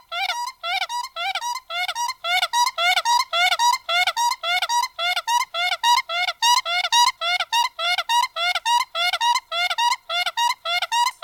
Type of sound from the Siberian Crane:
duetting